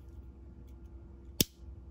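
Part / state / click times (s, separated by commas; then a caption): can opener blade into pocket knife handle (backspring) / seated / 1.4 s. The steel can opener blade of an old 1950s Imperial scout pocket knife snaps shut into the handle under its backspring. Against faint background hiss, one sharp, bright crack lands at 1.4 s. The blade seats firmly with a strong snap for a knife that old.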